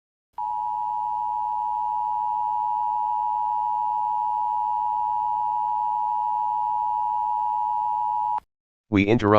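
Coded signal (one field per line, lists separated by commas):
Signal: Emergency Alert System (SAME) tones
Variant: 853 and 960 Hz attention tone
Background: speech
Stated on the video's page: Fictional EAS scenario alert, not a real emergency alert.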